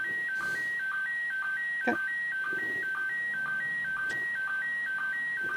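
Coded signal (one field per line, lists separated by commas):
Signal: SSTV (slow-scan television)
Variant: PD120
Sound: steady warbling tone stepping between two pitches, with short low blips twice a second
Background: faint room noise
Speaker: i do have another pmr 446 set to hand so i can actually listen yeah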